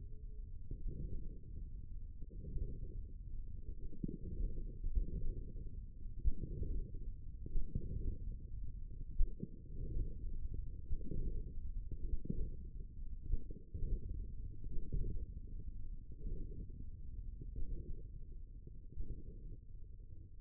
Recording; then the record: forearm muscle sounds (acoustic myography)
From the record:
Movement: hand closing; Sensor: system 1, eight BSWA MPA416 microphones around the upper forearm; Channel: 7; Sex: male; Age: 54 years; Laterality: right